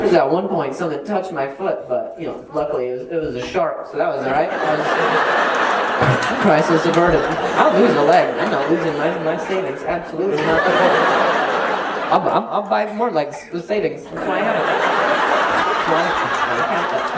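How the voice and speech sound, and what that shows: Adult male stand-up comedian on stage telling a joke with whole-word repetitions, drawn-out sounds and pauses, showing stuttered speech. He makes real use of the pauses in his delivery. The audience chuckles.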